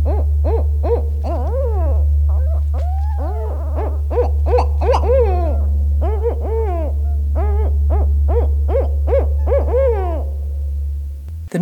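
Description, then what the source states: Barred Owl calls, a dense run of hoots and wavering, slurred cries that overlap and tumble over one another, over a constant low hum. Common in wooded areas, heard year-round including summer; makes a remarkable range of sounds.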